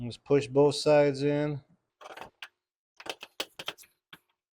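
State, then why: Seated. Someone talks, then a plastic primer bulb is pushed in on both sides with a blunt-tipped standard screwdriver into its two mounting holes on a string trimmer's carburetor housing, giving a run of short clicks and taps. It snaps in with clicks at 2.4 s and 3.4 s, and the bulb is seated.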